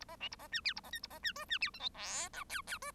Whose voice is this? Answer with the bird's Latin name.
Lonchura striata domestica